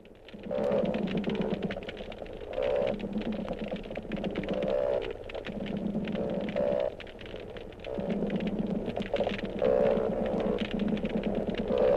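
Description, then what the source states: Croakers giving repeated low throbbing croaks in bursts about every two seconds, with a faint crackle of snapping shrimp throughout. Underwater croakers together with snapping shrimp.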